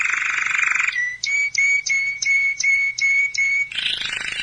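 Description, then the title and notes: Belgian canary song: a dense buzzy trill, then a series of clear whistled notes repeated about three times a second, ending in another rapid rolling trill. "Canario Belga, nyonyastudio"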